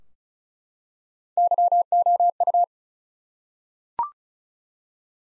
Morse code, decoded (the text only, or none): YOU